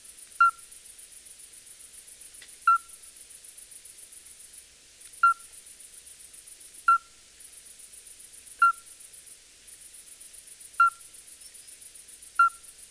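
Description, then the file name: Common midwife toad giving short, pure, fluty piping notes, seven in all, repeated about every two seconds, over a high pulsing insect-like buzz. "crapaud accoucheur"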